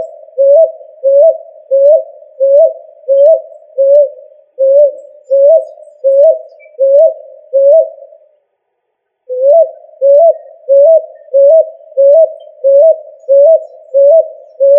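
Pigeon repeating quick, rounded coo notes that rise at the end, a long regular run that pauses for about a second, then resumes at the same pace.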